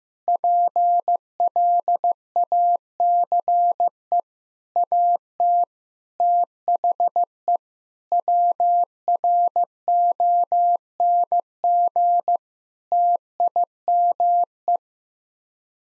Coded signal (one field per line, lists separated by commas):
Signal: Morse code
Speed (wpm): 16 wpm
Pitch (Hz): 700 Hz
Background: none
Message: PLACE AT THE WRONG TIME